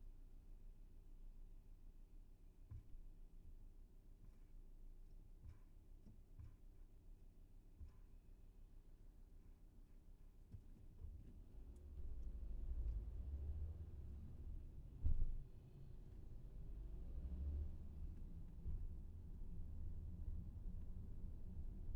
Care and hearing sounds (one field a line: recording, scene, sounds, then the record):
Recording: everyday scene through a hearing-aid microphone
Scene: in a vehicle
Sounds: engine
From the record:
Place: VW T5 Caravelle, diesel engine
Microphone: behind the ear, left, rear